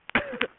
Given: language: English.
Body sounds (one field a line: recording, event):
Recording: throat vibration sensor signal played as sound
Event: cough